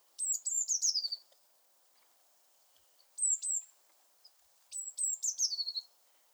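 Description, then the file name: Eurasian blue tit giving three high calls, each a thin piping start dropping into a buzzy descending trill, the middle one shorter; faint background hiss. "Cyanistes caeruleus"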